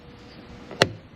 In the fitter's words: and pop it out, just like that.